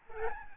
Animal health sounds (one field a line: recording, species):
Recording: mosquito wingbeat signal from an infrared sensor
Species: Aedes albopictus